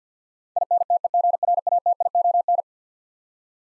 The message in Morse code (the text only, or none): INTEGRATION